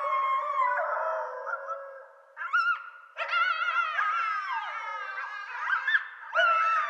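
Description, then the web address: Coyotes howling and yipping together, sustained wavering howls broken by high quavering yelps from several animals overlapping. Several coyotes recorded at night on 6 March 2013. "Coyote 2013 03 06 Coyotes. night-sounds-pt-5-coyotes"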